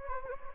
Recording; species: mosquito wingbeat signal from an infrared sensor; Anopheles gambiae